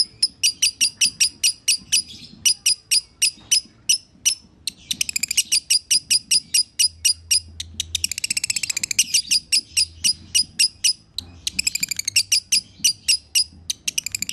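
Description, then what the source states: Lovebird chatter, a steady run of sharp high chirps broken by several rapid buzzy trilling bursts. Used as a masteran (tutor recording) to make lovebirds sing konslet.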